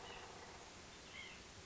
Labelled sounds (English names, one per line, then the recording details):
White-breasted Nuthatch
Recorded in Sonoma County, California